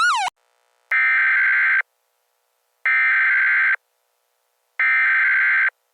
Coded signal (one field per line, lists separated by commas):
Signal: Emergency Alert System (SAME) tones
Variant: header bursts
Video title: Alternate Black Mesa scenario (Also a EAS scenario)